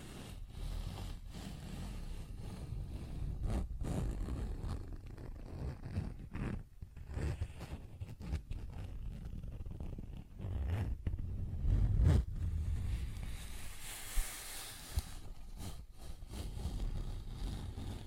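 Soft handling sounds with tapping and scratching, broken by short sharp clicks at irregular moments through the clip. A low rumbling texture runs underneath, heaviest around twelve seconds, and a bright hissy swipe like a zipper pull comes near fourteen seconds.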